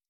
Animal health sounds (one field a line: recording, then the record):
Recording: hydrophone in a shrimp aquaculture tank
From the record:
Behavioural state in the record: stressed